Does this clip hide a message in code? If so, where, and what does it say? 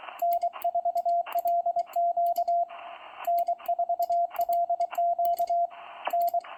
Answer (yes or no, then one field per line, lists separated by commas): yes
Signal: Morse code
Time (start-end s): 0.2-6.4 s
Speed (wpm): 23 wpm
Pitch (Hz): 690 Hz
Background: radio noise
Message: N4LQ N4LQ N